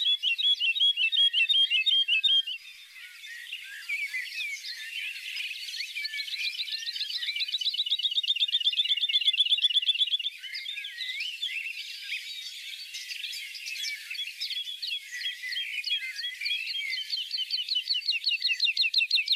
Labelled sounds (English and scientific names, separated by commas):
Wood Lark (Lullula arborea) song